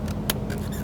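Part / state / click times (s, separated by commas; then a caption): transfer pump hose onto fuel pump module fitting / seated / 0.3 s. The transfer pump hose is lined up and pushed up onto its fitting on the fuel pump module of a 2011-2017 Nissan Quest. A single short, bright snap is heard at 0.3 s over a steady low hum. The hose is seated on the fitting.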